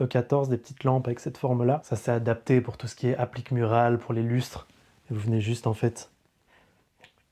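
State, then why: Seated. Someone talks for about six seconds, then a clip-on (pince flamme) lampshade frame is clipped onto a small E14 candle-shaped bulb. A single short click at 7.0 s marks the clip closing, and the shade holds on by itself.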